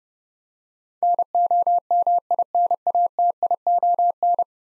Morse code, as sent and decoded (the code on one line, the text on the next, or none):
-. --- -- .. -. .- - .. --- -.
NOMINATION